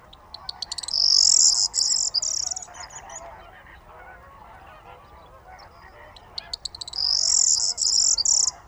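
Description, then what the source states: Corn bunting singing two jangly phrases, each starting with clicks and rattling into a high, metallic jingle, over soft background bird chatter. Several birds waking at dawn, under half an hour after daybreak, 23 March 2019, La Gacholle, Camargue salt marsh; roosted in reeds by canal; busy activity; parabolic dish, MKH8020, MixPre-3.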